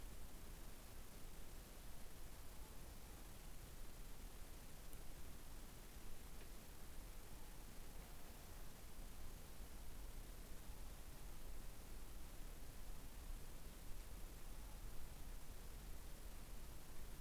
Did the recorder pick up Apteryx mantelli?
no